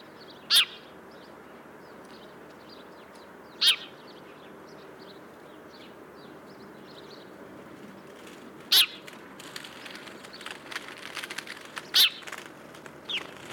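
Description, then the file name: House sparrow calls: four loud, sharp chirps spaced irregularly several seconds apart, with softer chirps in between. "Passer domesticus"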